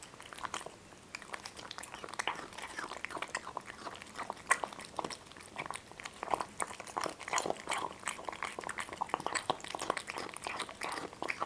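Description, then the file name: Cat eating sounds: dense, rapid, irregular crunching and chewing clicks, with no vocal calls. Two cats, named Boris and Ivo, eating. "Boris and Ivo two Cats are eating"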